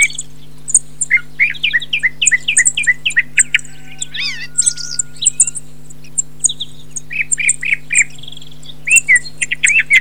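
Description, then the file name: Thrush calling in series of short downslurred chirps, one quick rising-falling flourish midway, with high ticking notes and a low constant hum. "TORDO"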